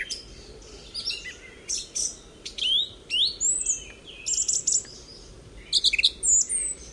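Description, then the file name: Song Thrush pours out a string of varied whistles, buzzy notes and rapid repeated chips, each phrase separated by short gaps. "Reinsamba Song Thrush With Cows"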